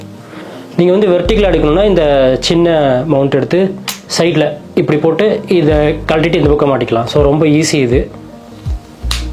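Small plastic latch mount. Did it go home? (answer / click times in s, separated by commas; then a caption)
yes / 9.1 s. A DJI Osmo Action 5 Pro action camera is fitted onto its small quick-release mount and pushed home, locking into place with one sharp hit at 9.1 s. Someone talks over the whole clip with music in the background.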